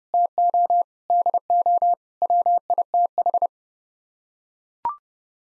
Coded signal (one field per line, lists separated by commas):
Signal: Morse code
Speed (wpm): 32 wpm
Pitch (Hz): 700 Hz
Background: none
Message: TO DO WITH